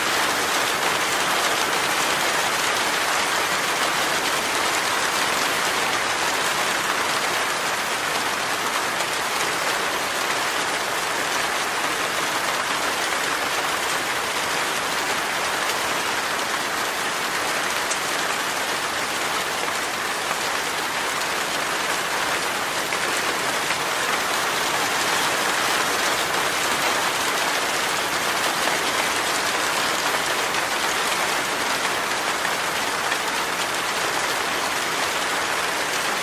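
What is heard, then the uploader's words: Rain drums steadily on a tin roof, a dense, even patter of countless drops with no pauses or build-ups over the whole stretch. The sound is bright and hissing, with little low rumble beneath it. Rain Tin Roof.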